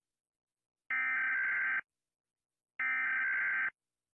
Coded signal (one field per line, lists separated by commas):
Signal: Emergency Alert System (SAME) tones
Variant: header bursts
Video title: Rating EAS alarms (By how much they scare me)